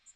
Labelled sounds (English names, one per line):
Magnolia Warbler flight call